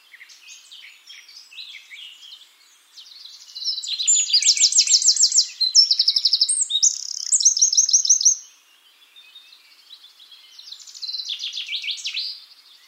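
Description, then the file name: Eurasian wren delivering a long, energetic song of fast metallic trills and shrill notes, quieter at first, loudest in the middle, with a fainter trilled phrase near the end. "Troglodytes troglodytes"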